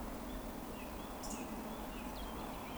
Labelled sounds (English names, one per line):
Eurasian Woodcock whistle